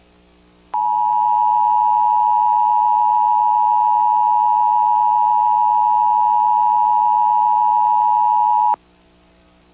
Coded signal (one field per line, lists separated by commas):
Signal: Emergency Alert System (SAME) tones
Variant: 853 and 960 Hz attention tone